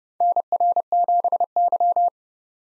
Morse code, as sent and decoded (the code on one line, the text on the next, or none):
-. .-. --... -.--
NR7Y